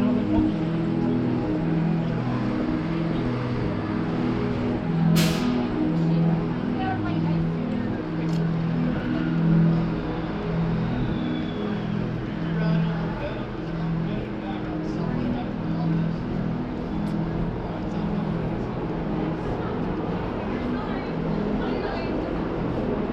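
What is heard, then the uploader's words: A street performance in a busy city: steady low tones repeat in a slow, regular pattern under a dense wash of crowd voices and passing traffic. Level stays constant throughout, with a sharp bright click near five seconds and scattered small knocks afterward. NYC Street performance.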